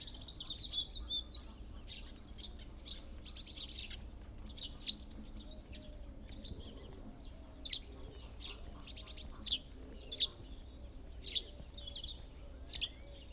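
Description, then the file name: Great tit calls, sharp high chirps and short buzzy notes repeated throughout, over a constant low hum. "Parus major"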